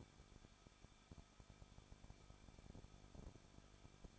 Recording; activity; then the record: daily activity, microphone in the room; no activity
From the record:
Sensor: 5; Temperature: 20.8 degrees Celsius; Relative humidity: 38.2%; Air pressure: 1006.5 hPa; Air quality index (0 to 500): 186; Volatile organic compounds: 18 ppm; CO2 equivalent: 2611 ppm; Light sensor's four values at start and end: 2/3/1/1 and 2/3/1/1